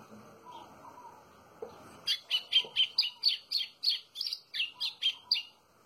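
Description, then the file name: White-throated seedeater song: a steady run of loud, sharp high notes repeated several times a second for about three and a half seconds, after faint whistles. "canto do golinho"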